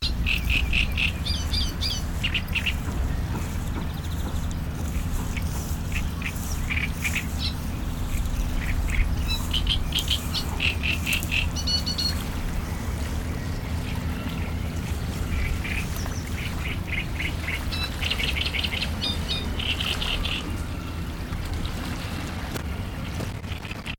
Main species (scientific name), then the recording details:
Acrocephalus arundinaceus. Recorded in the wild. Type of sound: call. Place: Schloßpark Babelsberg, Brandenburg, DE. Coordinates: 52.4, 13.1. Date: 1996-06-07 13:21. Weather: sonnig, 24-30°C. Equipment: Sony MD-WM MZ-R3, Sennheiser MKH 416 T, Kopie Uher 4000 Report Monitor. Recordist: Tembrock, Günter. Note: Gesang